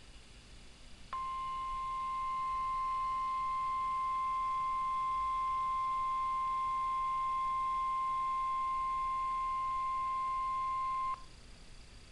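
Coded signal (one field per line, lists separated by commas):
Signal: Emergency Alert System (SAME) tones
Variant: 1050 Hz attention tone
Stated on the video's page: Real NOAA weather radio weekly test from a National Weather Service office near Nashville; audio poor for the first twenty seconds.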